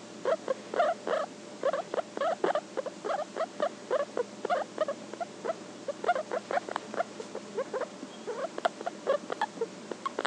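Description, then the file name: Guinea pig mumbling: rapid low grunting chatter in irregular bursts, many short pulses a second with brief pauses, continuing throughout. "Cavia porcellus mumbling"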